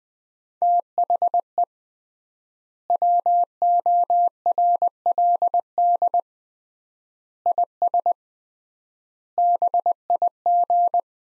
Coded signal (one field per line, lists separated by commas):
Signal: Morse code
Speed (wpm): 21 wpm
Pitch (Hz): 700 Hz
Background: none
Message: THE WORLD IS BIG